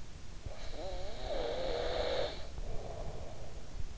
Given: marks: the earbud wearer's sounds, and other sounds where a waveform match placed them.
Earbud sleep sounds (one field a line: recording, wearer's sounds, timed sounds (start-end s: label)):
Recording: sounds in sleep by an in-ear microphone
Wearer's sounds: breath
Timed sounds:
0.41-3.60 s: breath